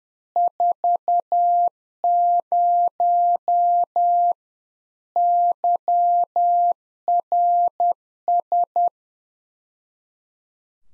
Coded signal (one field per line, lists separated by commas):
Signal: Morse code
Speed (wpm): 10 wpm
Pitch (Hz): 700 Hz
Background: none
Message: 40 YRS